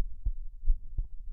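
Deep, soft thumps of an adult heartbeat recur at a steady, unhurried pace over a low background hum, with no added whooshing between beats. It is an ordinary heartbeat, used as a focus for deep, calming breathing.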